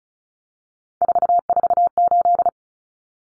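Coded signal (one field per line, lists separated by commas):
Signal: Morse code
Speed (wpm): 34 wpm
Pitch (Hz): 700 Hz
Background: none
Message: 448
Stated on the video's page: Head-copy drill at 35 wpm of three-digit cut numbers, using T, A, N for 0, 1, 9, each sent, spoken, then sent again.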